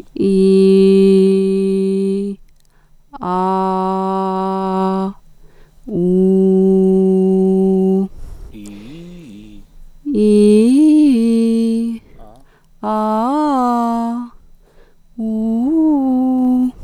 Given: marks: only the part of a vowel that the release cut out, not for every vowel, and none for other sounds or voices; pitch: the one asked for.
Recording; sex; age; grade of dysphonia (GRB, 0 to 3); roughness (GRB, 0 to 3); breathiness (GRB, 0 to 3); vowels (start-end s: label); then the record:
sustained vowels; female; 40 to 49 years; 1; 1; 0
0.31-2.13 s: vowel /i/, low pitch
3.34-4.92 s: vowel /a/, low pitch
6.05-7.90 s: vowel /u/, low pitch
10.20-11.75 s: vowel /i/, low-high-low pitch
12.89-14.08 s: vowel /a/, low-high-low pitch
15.23-16.61 s: vowel /u/, low-high-low pitch
From the record:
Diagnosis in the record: healthy voice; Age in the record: 45 years